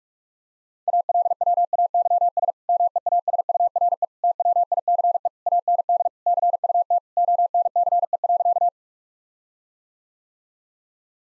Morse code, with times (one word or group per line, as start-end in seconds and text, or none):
0.9-2.5 ALWAYS
2.7-4.0 MEASURE
4.2-5.3 TWICE
5.5-6.1 AND
6.3-7.0 CUT
7.2-8.7 ONCE.